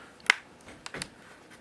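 A blade pries the plastic back cover off a Nextbook 10.1 tablet along its easiest side, and a sharp pop at 0.3 s marks a clip coming loose from its metal catch on the frame. Fainter clicks follow at about 0.9 s and 1.0 s, and the clip is released.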